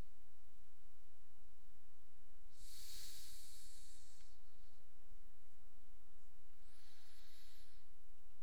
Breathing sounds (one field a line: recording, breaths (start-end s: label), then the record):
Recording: nose breathing near a microphone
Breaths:
2.43-6.38 s: exhalation
6.38-8.18 s: inhalation
From the record:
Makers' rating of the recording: medium